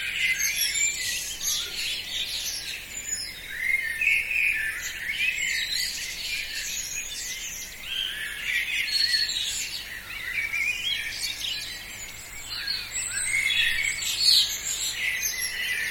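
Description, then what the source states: Birds in a dense dawn chorus, many overlapping high chirps, trills and whistles blending into a continuous wash of song. Dawn chorus, recorded by Tom Hutchings.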